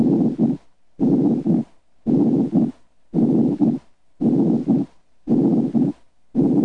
Normal breath sounds. In a patient with a pneumothorax in the left lateral lung field, normal breath sounds are heard on the contralateral side over healthy lung tissue.